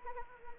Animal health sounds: mosquito wingbeat signal from an infrared sensor; Anopheles arabiensis

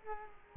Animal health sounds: mosquito wingbeat signal from an infrared sensor; Culex quinquefasciatus

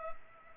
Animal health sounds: mosquito wingbeat signal from an infrared sensor; Culex pipiens

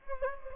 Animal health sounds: mosquito wingbeat signal from an infrared sensor; Anopheles gambiae

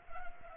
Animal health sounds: mosquito wingbeat signal from an infrared sensor; Culex pipiens

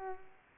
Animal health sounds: mosquito wingbeat signal from an infrared sensor; Culex pipiens

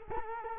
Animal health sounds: mosquito wingbeat signal from an infrared sensor; Culex quinquefasciatus

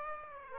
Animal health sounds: mosquito wingbeat signal from an infrared sensor; Aedes aegypti

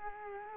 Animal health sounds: mosquito wingbeat signal from an infrared sensor; Culex quinquefasciatus

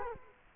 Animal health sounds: mosquito wingbeat signal from an infrared sensor; Culex quinquefasciatus

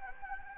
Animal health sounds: mosquito wingbeat signal from an infrared sensor; Anopheles gambiae

